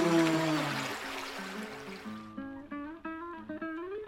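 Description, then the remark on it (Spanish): Water runs with a steady rushing hiss for the first couple of seconds, then fades away as wavering melodic tones take over. “Bueno, y ya lo ven, acá el agua está corriendo, ¿eh?”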